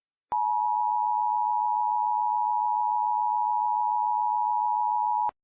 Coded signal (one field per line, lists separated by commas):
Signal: Emergency Alert System (SAME) tones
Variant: 853 and 960 Hz attention tone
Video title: EAS Scenario: Absolutely Radioactive Part 6